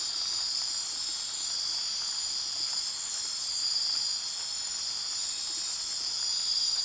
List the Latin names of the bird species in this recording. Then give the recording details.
none. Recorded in dense forest near Puerto Asís, Putumayo, Colombia, on 18 February 2024 at 02:00. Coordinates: 0.502, -76.326. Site G6460